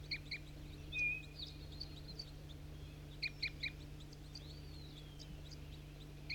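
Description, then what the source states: Crossbill calls: scattered short, high chip notes, a brief whistled note and a long sliding whistle, over a steady low hum. Bird 4-3 calling while four flock birds (one juvenile, three males) were caught in a net; three females and a red male loafing in a tree seemed to return in response.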